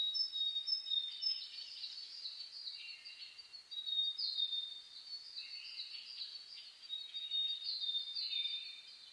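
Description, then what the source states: High-pitched birdsong chorus, busy overlapping chirps, whistles and short trills from several birds, steady throughout. Dawn chorus (reimei) of birdsong (saezuri), recorded 10 May 2010.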